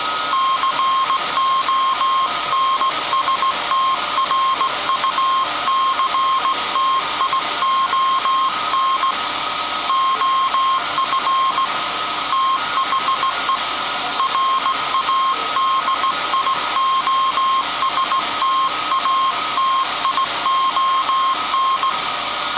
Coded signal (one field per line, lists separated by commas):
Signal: Morse code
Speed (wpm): 17 wpm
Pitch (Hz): 1070 Hz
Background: none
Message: CONSTRUCTION OF THE RADIOSTATION